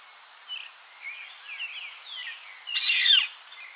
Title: LuckyPassaro Completos2Sama. Yellow-headed Caracara (Milvago chimachima)